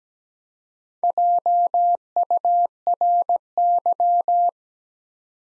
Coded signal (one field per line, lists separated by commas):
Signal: Morse code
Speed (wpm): 17 wpm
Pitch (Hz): 700 Hz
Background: none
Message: JURY